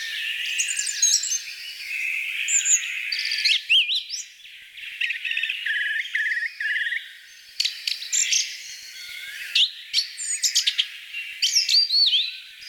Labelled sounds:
Song Thrush (Turdus philomelos) song

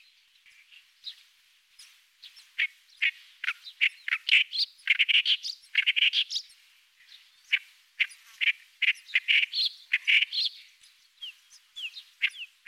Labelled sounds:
Clamorous Reed Warbler (Acrocephalus stentoreus) song

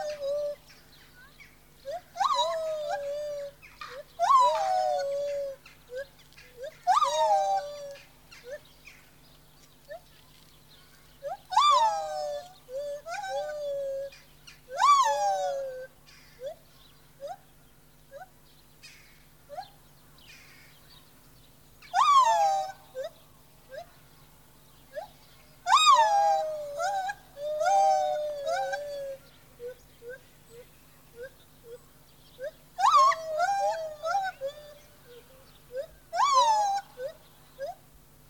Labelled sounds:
Lar Gibbon (Hylobates lar)

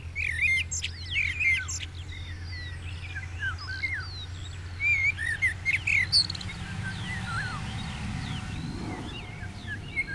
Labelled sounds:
Common Blackbird (Turdus merula) song

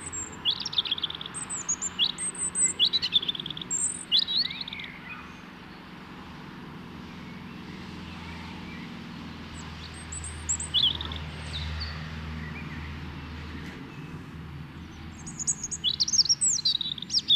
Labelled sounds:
European Robin (Erithacus rubecula) song

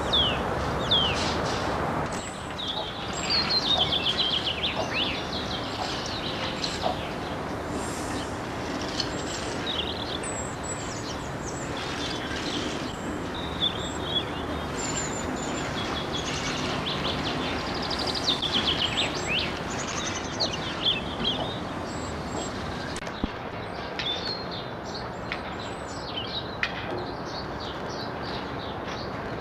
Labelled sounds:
European Robin (Erithacus rubecula) song

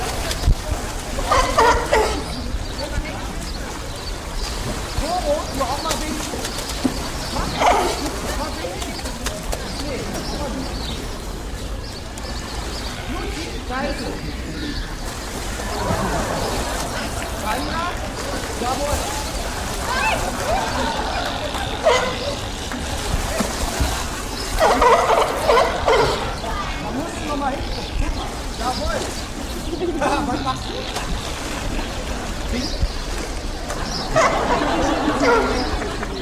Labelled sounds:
California Sea Lion (Zalophus californianus) call

